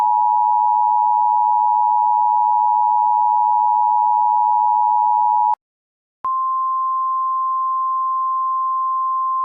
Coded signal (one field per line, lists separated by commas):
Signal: Emergency Alert System (SAME) tones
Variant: 853 and 960 Hz attention tone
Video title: EAS Classic: Severe T-Storm Warning Interrupts the CoolDude503 Channel